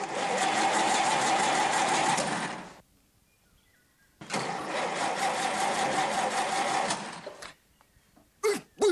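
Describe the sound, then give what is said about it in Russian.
A loud, steady car engine roars for a few seconds as the car speeds along a road, cuts out briefly, then roars again just as strongly before fading, followed by a couple of short, sharp bursts. “Машина несется по дороге.”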